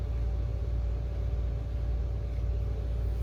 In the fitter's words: trying very hard to snap